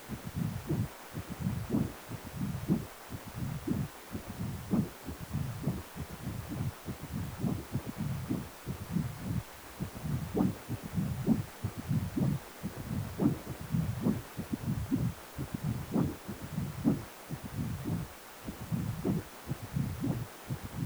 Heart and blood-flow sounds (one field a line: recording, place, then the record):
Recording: Doppler ultrasound of blood flow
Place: precordium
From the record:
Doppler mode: continuous wave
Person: healthy adult, 18 to 50 years, no heart murmur, not diving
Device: 2.5 MHz transducer